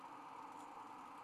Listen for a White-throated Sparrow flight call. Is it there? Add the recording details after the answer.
no. No flight call is heard. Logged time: 02:19 on 1 December 2014